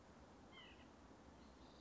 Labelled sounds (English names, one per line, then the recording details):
White-breasted Nuthatch
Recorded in Sonoma County, California